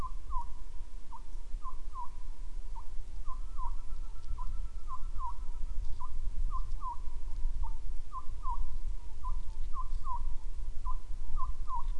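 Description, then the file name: Bird calls as short downward-flicking whistles, repeated steadily in pairs and singles over twelve seconds, with continuous deep rumbling background noise. "mainly bird"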